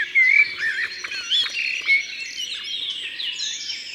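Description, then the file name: Song thrush song: a few clear whistled notes over a busy chorus of chirping birds and an insect-like trill. Recorded in Ardèche, France. "Grive-Musicienne-Concerts-Naturels-De-l Ardeche"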